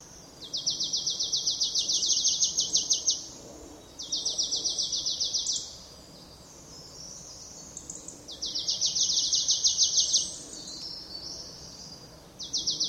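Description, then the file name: Marsh tit delivering fast, rattling strings of sharp high notes, each burst lasting about one and a half to three seconds, separated by pauses of one to three seconds. "Poecile palustris"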